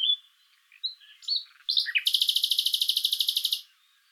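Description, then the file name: Common nightingale giving a whistled note and a few varied chirps, then a loud, fast, evenly repeated rattle. "Luscinia megarhynchos"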